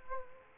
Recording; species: mosquito wingbeat signal from an infrared sensor; Aedes aegypti